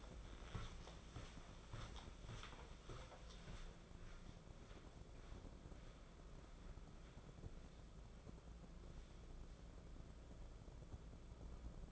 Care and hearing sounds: daily activity, microphone in the room; walk to room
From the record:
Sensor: 5

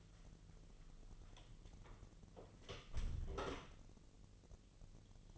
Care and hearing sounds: daily activity, microphone in the room; close door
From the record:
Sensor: 4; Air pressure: 1002.2 hPa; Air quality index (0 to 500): 249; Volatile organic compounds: 42 ppm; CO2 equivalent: 3174 ppm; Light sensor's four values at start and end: 9/21/8/8 and 10/22/9/8

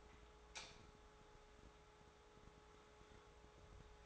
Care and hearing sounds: daily activity, microphone in the room; light on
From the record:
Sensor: 3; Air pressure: 1010.2 hPa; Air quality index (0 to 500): 166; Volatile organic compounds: 9 ppm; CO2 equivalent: 2180 ppm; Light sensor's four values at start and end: 47/116/51/56 and 49/123/54/59

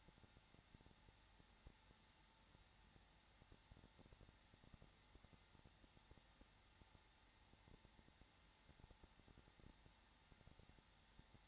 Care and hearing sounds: daily activity, microphone in the room; no activity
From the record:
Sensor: 3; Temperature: 21.3 degrees Celsius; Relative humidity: 33.3%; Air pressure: 994.5 hPa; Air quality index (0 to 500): 168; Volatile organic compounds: 3 ppm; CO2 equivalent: 1459 ppm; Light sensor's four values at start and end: 2/3/2/2 and 2/3/2/2

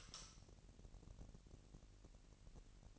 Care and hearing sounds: daily activity, microphone in the room; light on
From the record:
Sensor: 4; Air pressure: 1002.7 hPa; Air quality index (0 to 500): 248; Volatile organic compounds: 16 ppm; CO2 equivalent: 2533 ppm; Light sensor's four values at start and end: 6/14/5/6 and 7/17/6/7

